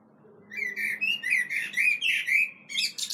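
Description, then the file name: Common blackbird: a rapid series of harmonic notes running for nearly three seconds, ending in a higher squeaky burst. "Turdus merula"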